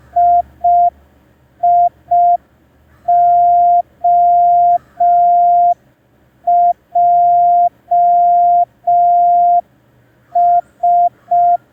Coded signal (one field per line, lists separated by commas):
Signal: Morse code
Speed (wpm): 5 wpm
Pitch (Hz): 700 Hz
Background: none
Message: IIOJS